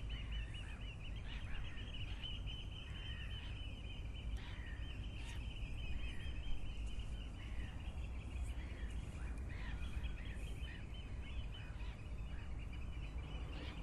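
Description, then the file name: Birds calling: a continuous high twittering band with scattered short notes and occasional louder chirps, over a steady low rumble. "vogels"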